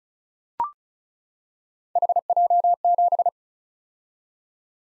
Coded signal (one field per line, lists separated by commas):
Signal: Morse code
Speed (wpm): 36 wpm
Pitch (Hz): 700 Hz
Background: none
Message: HJ7